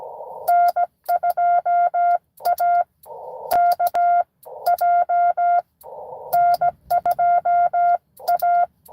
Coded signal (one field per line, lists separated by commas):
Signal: Morse code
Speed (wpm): 17 wpm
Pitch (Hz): 700 Hz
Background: none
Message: N2AKJ N2A